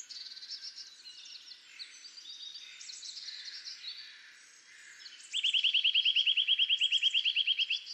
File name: Sitta europaea